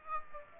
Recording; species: mosquito wingbeat signal from an infrared sensor; Aedes aegypti